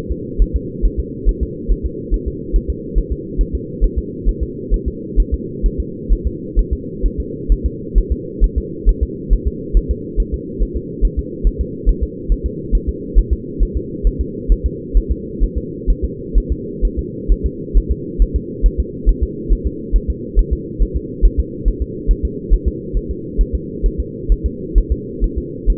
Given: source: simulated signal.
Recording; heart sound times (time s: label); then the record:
fetal heart sounds
0.12 s: S2
0.42 s: S1
0.56 s: S2
0.85 s: S1
1.00 s: S2
1.29 s: S1
1.43 s: S2
1.72 s: S1
1.86 s: S2
2.14 s: S1
2.28 s: S2
2.56 s: S1
2.70 s: S2
2.98 s: S1
3.12 s: S2
3.41 s: S1
3.55 s: S2
3.84 s: S1
3.98 s: S2
4.29 s: S1
4.43 s: S2
4.74 s: S1
4.88 s: S2
5.20 s: S1
5.34 s: S2
5.66 s: S1
5.80 s: S2
6.12 s: S1
6.27 s: S2
6.59 s: S1
6.73 s: S2
7.06 s: S1
7.20 s: S2
7.52 s: S1
7.66 s: S2
7.98 s: S1
8.12 s: S2
8.44 s: S1
8.58 s: S2
8.89 s: S1
9.03 s: S2
9.33 s: S1
9.47 s: S2
9.77 s: S1
9.91 s: S2
10.20 s: S1
10.34 s: S2
10.62 s: S1
10.77 s: S2
11.05 s: S1
11.19 s: S2
11.47 s: S1
11.61 s: S2
11.89 s: S1
12.03 s: S2
12.32 s: S1
12.46 s: S2
12.75 s: S1
12.89 s: S2
13.19 s: S1
13.33 s: S2
13.63 s: S1
13.77 s: S2
14.07 s: S1
14.21 s: S2
14.52 s: S1
14.66 s: S2
14.97 s: S1
15.11 s: S2
15.44 s: S1
15.58 s: S2
15.90 s: S1
16.04 s: S2
16.38 s: S1
16.52 s: S2
16.85 s: S1
16.99 s: S2
17.32 s: S1
17.46 s: S2
17.77 s: S1
17.91 s: S2
18.22 s: S1
18.36 s: S2
18.66 s: S1
18.80 s: S2
19.09 s: S1
19.23 s: S2
19.53 s: S1
19.67 s: S2
19.96 s: S1
20.10 s: S2
20.39 s: S1
20.53 s: S2
20.82 s: S1
20.97 s: S2
21.25 s: S1
21.40 s: S2
21.68 s: S1
21.82 s: S2
22.11 s: S1
22.25 s: S2
22.54 s: S1
22.68 s: S2
22.97 s: S1
23.11 s: S2
23.41 s: S1
23.55 s: S2
23.86 s: S1
24.00 s: S2
24.32 s: S1
24.46 s: S2
24.78 s: S1
24.92 s: S2
25.24 s: S1
25.38 s: S2
25.70 s: S1
From the record:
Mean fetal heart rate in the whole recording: 135 bpm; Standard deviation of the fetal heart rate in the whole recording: 3 bpm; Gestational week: 36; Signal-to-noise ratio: -4.1 dB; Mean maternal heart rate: no maternal heart sound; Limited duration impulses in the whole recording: absent